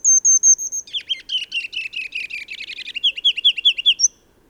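Songbird singing a few piercing high notes, followed by a rapid, rhythmic string of lower, slurred chirps with buzzy overtones, ending on a single high note.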